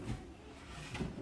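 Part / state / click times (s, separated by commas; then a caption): drawer box locking clips onto undermount drawer slides / not seated / none. A drawer box with locking clips underneath is handled on Blum soft-close undermount slide rails, with low, muffled rumbles and light rubbing around 0.1 s and again near 1.0 s. The clips have not snapped onto the slides yet, so nothing has seated or clicked.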